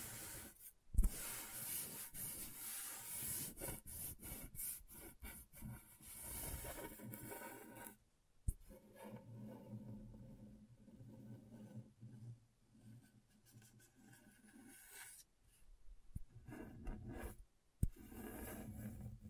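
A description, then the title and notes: A scratchboard being worked with dense, scraping strokes. The scratching is bright and busy for the first eight seconds, then turns lower and softer, with short breaks near 8, 15 and 17 seconds and sharp clicks around 1, 8.5 and 17.5 seconds. ASMR Brain Tingling Scratchboard (No Talking).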